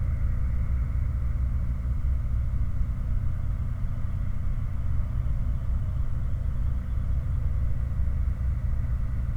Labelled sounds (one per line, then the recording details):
machinery
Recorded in the Prudhoe Bay oil fields, Alaska, on 16 August 2019 at 00:51
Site 29